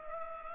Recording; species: mosquito wingbeat signal from an infrared sensor; Culex pipiens